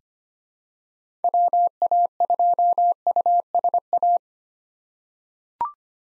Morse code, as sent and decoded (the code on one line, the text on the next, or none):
.-- .- ..--- ..- ... .-
WA2USA